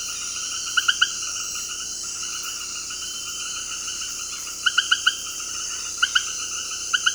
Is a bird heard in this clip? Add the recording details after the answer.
no. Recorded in dense forest near Puerto Asís, Putumayo, Colombia, on 19 February 2024 at 18:00. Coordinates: 0.485, -76.325. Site G6429